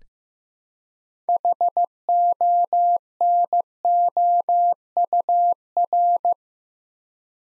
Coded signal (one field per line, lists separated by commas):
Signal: Morse code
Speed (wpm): 15 wpm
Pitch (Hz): 700 Hz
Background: none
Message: HONOUR